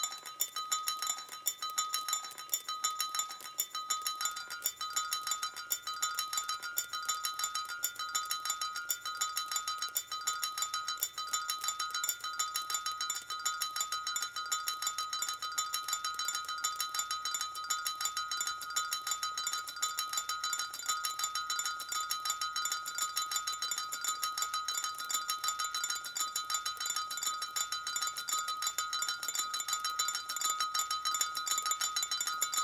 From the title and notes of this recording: Dripping introduces the listener to imaginary rooms, whose physical structures are made tangible by the composition of droplets generating sound. The initially irregular dripping sounds describe a path through a "virtual" soundscape of various different material consistencies.